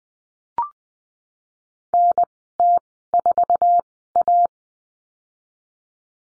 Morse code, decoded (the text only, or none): NT4A